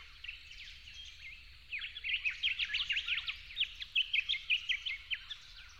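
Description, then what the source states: Yellow-faced honeyeater song: after a quiet start, a brisk series of bright, clipped chirps. At dawn, 08/01/12.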